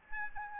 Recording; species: mosquito wingbeat signal from an infrared sensor; Aedes albopictus